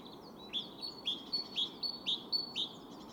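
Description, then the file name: Great tit song: sharp, high two-note phrases repeated about four times a second in a short rhythmic run. "Parus major"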